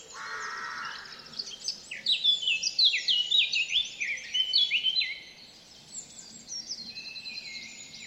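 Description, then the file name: Eurasian blackcap warbling song with a loud run of fluty, descending whistled notes in the middle, a brief noisy buzz at the start, quieter twittering afterward. "Sylvia atricapilla"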